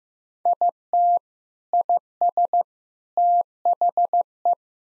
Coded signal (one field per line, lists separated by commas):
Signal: Morse code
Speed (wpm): 15 wpm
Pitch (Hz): 700 Hz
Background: none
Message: IT IS THE